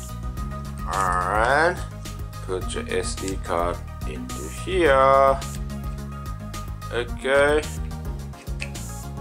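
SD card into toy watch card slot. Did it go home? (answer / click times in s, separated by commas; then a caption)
yes / 8.6 s. An SD card is pushed into the card slot of a switched-off toy watch while someone talks over background music. A short, sharp click at 8.6 s shows the card has seated.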